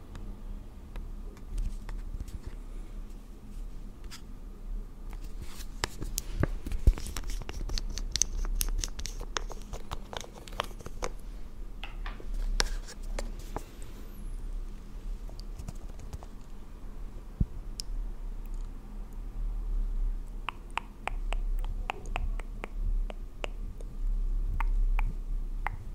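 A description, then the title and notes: Close-up makeup being applied to a face: quick taps, clicks and soft brushing strokes arrive in busy flurries around 6 to 10 seconds, 12 to 15 seconds and 20 to 22 seconds, with quieter gaps between. A low steady rumble and faint hum are present. ASMR First person Makeup On Your Face(No Talking).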